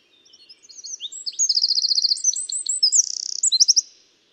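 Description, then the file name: Eurasian wren giving a loud, very high song of fast twittering phrases and trills, with nothing else audible. "Troglodytes troglodytes"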